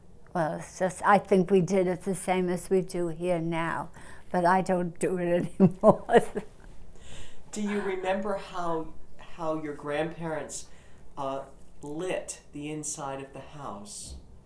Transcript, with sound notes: Well, it's just, I think we did it the same as we do here now but I don't do it anymore. (she laughs)
Do you remember how, how your grandparents lit the inside of the house?